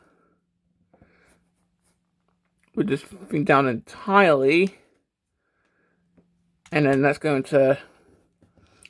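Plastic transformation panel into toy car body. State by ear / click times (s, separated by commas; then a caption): seated / 8.9 s. A plastic transformation panel on a Transformers Studio Series Barricade figure is pushed into the toy car body while someone talks. The panel clicks into place at 8.9 s, and it is seated.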